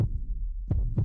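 An adult's heartbeat: low, thudding beats with energy almost entirely below 200 Hz, heard after being told about a retirement annuity option.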